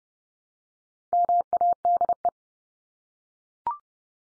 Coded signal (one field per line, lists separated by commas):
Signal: Morse code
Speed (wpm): 30 wpm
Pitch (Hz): 700 Hz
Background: none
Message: MADE